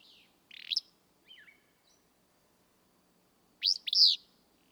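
Willow flycatcher song: a buzzy phrase, a couple of soft notes, then a loud two-part sneezy phrase.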